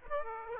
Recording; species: mosquito wingbeat signal from an infrared sensor; Aedes aegypti